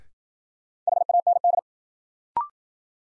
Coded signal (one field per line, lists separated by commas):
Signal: Morse code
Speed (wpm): 53 wpm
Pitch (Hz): 700 Hz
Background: none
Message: HAND